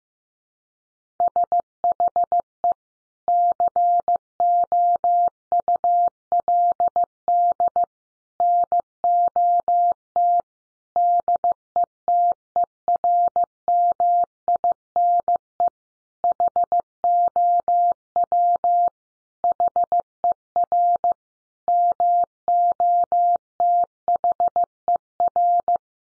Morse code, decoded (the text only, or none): SHE COULD NOT DETERMINE HOW HER MOTHER